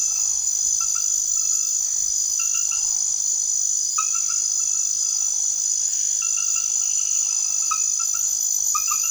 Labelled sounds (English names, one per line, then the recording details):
none
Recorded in secondary vegetation near Puerto Asís, Putumayo, Colombia, on 9 March 2025 at 22:30
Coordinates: 0.489, -76.322
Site G042